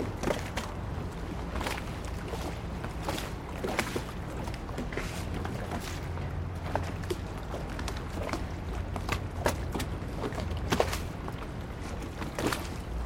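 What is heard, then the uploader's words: Water slaps and splashes against moored gondolas on the Grand Canal, with short bright knocks and sloshes arriving every second or so at an irregular pace. Beneath them runs a steady low rumble, and faint voices surface now and then. Parked Gondolas - Venice, Italy. Splashing sound of parked public gondolas on Grand Canal next to Punta della Dogana.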